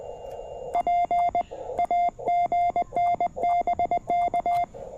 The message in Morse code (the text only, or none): P AG N BK